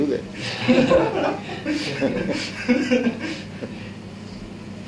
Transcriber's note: laughter